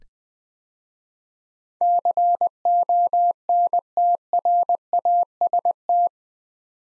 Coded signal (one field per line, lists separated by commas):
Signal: Morse code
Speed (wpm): 20 wpm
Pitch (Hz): 700 Hz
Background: none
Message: CONTRAST